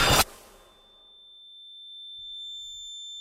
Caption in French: Ce sifflement correspond à l'un des sons que 80 000 Québécois entendent en permanence. Ce bruit constant et lancinant, appelé un acouphène ou son fantôme, peut entraîner des problèmes de sommeil.